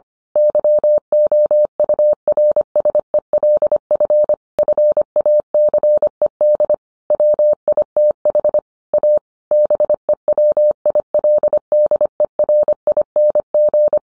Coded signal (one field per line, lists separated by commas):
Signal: Morse code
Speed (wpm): 25 wpm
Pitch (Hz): 600 Hz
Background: none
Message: YOURSELF FACED WITH A BEWILDERING